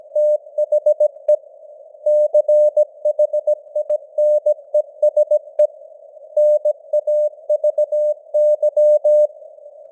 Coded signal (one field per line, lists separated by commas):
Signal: Morse code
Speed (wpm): 17 wpm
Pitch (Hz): 600 Hz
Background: none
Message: THE CHINESE NAVY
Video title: Morse Code News | 2025-11-23 | 17wpm